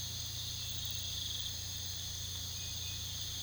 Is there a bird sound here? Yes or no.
no